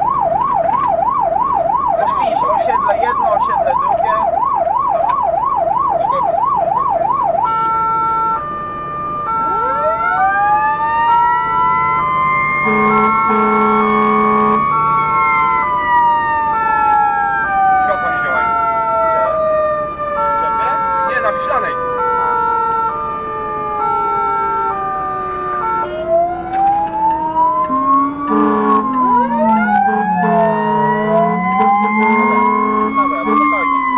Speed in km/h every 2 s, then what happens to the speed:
85, 83, 82, 82, 85, 86, 87, 87, 85, 83, 83, 82, 80, 75, 69, 67, 59.
0-15 steady at about 85. 15-34 slows to 59.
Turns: none.